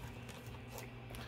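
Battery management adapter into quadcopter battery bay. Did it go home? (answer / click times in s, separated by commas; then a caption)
no / none. An external BMS battery adapter for a 3DR Solo quadcopter is set on its strap into the drone's battery bay and handled there before being pushed forward. A low steady hum fills the clip, with a brief sharp tick at about 1.1 seconds. The adapter has not snapped in or seated yet.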